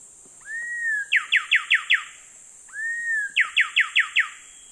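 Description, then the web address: Coraya Wren song: a smooth, slightly rising whistle leading into five rapid, sharp downslurred notes, given twice, over a constant high drone. Recorded in the eastern lowlands of South America. "Natures Songs S America Eastern Lowlands. Coraya Wren"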